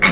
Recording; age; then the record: pig call; piglet (1 to 25 days)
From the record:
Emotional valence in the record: positive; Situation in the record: reunion after long isolation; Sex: female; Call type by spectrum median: low-frequency call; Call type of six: low-frequency tonal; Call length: 0.13 s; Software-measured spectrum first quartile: 1147 Hz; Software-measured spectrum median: 2169 Hz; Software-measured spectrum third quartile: 3431 Hz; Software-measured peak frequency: 2188 Hz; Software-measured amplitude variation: 88 dB a second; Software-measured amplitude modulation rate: 4.0 a second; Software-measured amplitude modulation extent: 22.3 dB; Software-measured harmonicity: 1.2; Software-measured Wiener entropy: -1.72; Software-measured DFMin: 806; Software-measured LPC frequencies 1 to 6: 1203, 2184, 3784, 4486, 5527, 6457 Hz